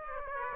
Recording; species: mosquito wingbeat signal from an infrared sensor; Aedes aegypti